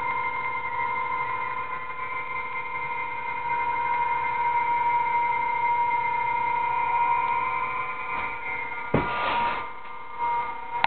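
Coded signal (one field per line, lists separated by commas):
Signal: PSK31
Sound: several steady warbling tones held throughout, brief noisy burst near the end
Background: radio static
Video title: What PSK31 Sounds Like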